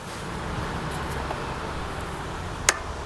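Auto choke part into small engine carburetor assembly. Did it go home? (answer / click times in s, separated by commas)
yes / 2.7 s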